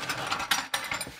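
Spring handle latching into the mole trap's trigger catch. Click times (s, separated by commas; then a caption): 0.7 s. The spring handle of a steel spear-type Victor mole trap, held on its side, is pulled back with a ratcheting, creaking mechanical sound. A sharp click at 0.7 s marks the spring handle latching into the trap's trigger catch, leaving the trap set and loaded.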